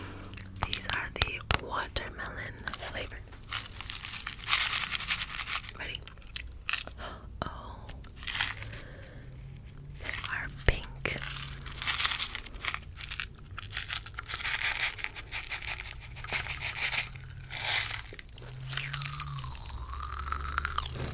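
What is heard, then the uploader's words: Squishy mouth sounds of someone eating candy, with wet chewing, smacking and occasional crunchy bites coming in dense, irregular bursts throughout. A low hum sits underneath, and a louder hiss swells near the end. ASMR Eating Easter Candy squishy mouth sounds.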